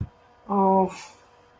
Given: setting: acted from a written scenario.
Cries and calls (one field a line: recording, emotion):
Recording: vocal sound without words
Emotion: shame